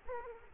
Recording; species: mosquito wingbeat signal from an infrared sensor; Aedes aegypti